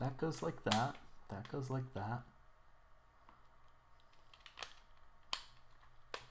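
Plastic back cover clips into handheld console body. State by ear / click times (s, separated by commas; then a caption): seated / 5.3 s, 6.1 s. Someone talks for the first two seconds while the plastic back shell of an Odroid Go-Advance handheld console is pressed onto its body. Quieter handling follows, then the cover's clips snap home with sharp plastic clicks at 5.3 s and 6.1 s, leaving the back cover seated in place.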